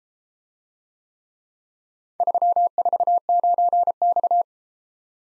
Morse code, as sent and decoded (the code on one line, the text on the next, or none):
...-- ....- ----. -..-
349X